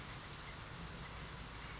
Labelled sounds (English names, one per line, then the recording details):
Western Flycatcher
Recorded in Sonoma County, California